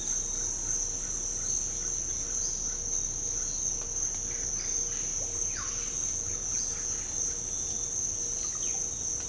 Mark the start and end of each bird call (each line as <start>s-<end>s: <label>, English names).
0.29s-2.79s: Chestnut Wood Quail
4.26s-4.78s: Chestnut Wood Quail
5.48s-5.73s: Russet-backed Oropendola
8.39s-8.78s: Russet-backed Oropendola